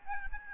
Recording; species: mosquito wingbeat signal from an infrared sensor; Aedes albopictus